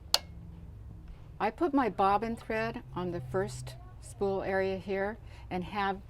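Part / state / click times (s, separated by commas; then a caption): bobbin case into sewing machine bobbin area / seated / 0.1 s. A bobbin case holding its bobbin is pushed straight into the bobbin area of a Tin Lizzie 18 long-arm quilting machine with stitch regulator and frame, and it clicks into place with a sharp, loud, short hit at 0.1 s. Someone then talks over a low background hum.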